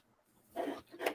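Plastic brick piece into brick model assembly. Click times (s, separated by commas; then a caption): 1.1 s. A plastic building-brick piece is pushed into its mating part on a custom brick model. After a brief rustle of handling and sliding contact, a single sharp click sounds at 1.1 s as the piece snaps into place. The piece is seated.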